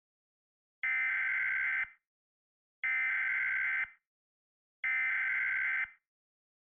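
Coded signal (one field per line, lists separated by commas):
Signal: Emergency Alert System (SAME) tones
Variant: header bursts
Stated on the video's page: This is a fictional alien-invasion EAS scenario.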